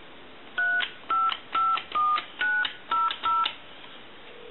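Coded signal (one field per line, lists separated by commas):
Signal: DTMF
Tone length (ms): 220 ms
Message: 3 900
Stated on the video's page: Tones from a Radio Shack Continental 43-330 telephone being checked out and repaired.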